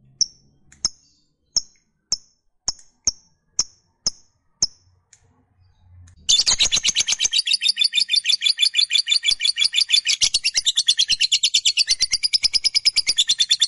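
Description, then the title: Lovebird call: a series of sharp single chirps for six seconds, then a loud, fast, buzzy chattering trill that runs steadily to the end. Fighter-type lovebird giving a long chattering call (ngekek panjang). "Begitu Dengar Suara Lovebird FIGHTER NGEKEK PANJANG"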